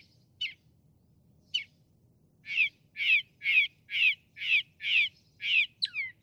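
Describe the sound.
Northern mockingbird song: two sharp single notes, then a run of harsh, rasping phrases repeated evenly about twice a second, ending in descending slurs.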